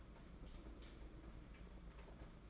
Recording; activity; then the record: daily activity, microphone in the room; light off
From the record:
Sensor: 5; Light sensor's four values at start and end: 8/20/8/8 and 8/19/7/8